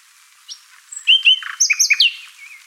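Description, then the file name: Common nightingale song phrase: a few high whistles followed by a quick run of loud, sharp chirping notes and a soft trailing whistle. "Luscinia megarhynchos"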